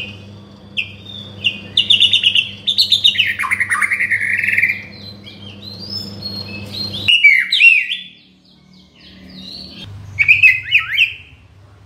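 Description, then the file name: Shama singing rich, varied whistled phrases that sweep up and down, with a quieter pause between about eight and ten seconds and a low hum beneath that stops near seven seconds. From Borneo. "murai batu borneo"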